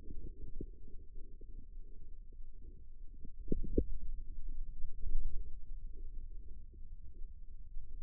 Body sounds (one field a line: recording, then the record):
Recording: forearm muscle sounds (acoustic myography)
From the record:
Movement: ulnar deviation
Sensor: system 2, bracelet of six BSWA MPA416 microphones around the upper forearm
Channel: 1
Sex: male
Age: 22 years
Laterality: right